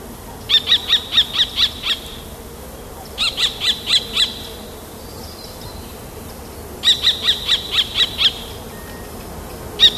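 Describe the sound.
Common kestrel repeating piercing kee-kee-kee calls in three bursts of five to seven evenly paced notes, with quiet gaps between, and a fourth burst just starting at the end.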